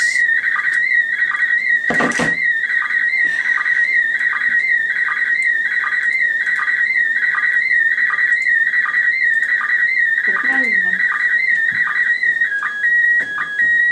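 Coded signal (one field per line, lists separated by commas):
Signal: SSTV (slow-scan television)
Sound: warbling, buzzing tone shifting pitch continuously, with rhythmic lower ticks, one static burst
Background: radio static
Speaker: zo heb ik al 1700 kilometer nu hier vandaan. Rechtstreeks.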